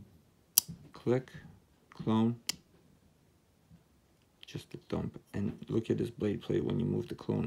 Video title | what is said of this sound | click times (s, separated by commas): How to Spot a Fake Clone Spyderco Paramilitary 2 knife- side by side comparison review | once again real one click | 0.6 s